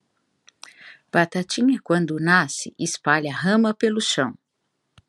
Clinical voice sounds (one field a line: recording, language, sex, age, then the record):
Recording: short text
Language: Brazilian Portuguese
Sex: female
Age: 50 to 59 years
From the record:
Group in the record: control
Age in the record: 55 years